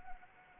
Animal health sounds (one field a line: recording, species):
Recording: mosquito wingbeat signal from an infrared sensor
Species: Anopheles arabiensis